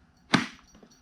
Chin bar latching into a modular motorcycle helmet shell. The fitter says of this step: helmets must be locked in you'll hear that secure click at that point this helmet is locked in